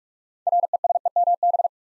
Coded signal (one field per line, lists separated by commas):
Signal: Morse code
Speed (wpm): 44 wpm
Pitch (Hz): 700 Hz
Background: none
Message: RESEMB